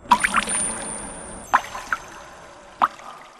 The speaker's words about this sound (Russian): Вокруг него ширящимся кругом растекалась кровь. Она капала сквозь металлические перекладины пола.